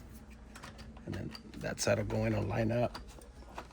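A replacement touchscreen/LCD digitizer assembly is being handled as its second side is lined up to go into the radio head unit housing of a 2019–2022 Nissan Altima. Someone talks over faint handling ticks. Nothing has seated or clicked yet.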